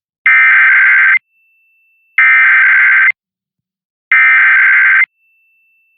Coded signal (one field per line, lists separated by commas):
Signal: Emergency Alert System (SAME) tones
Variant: header bursts